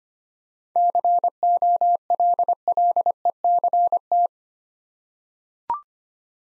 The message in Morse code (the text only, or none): COLLECT